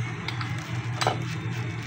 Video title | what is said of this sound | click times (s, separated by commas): Ganito naman magkarga gamit Mother Tank | Tapos ito lactic ag may lumagitik na ganon okay na siya. | 0.3 s, 1.0 s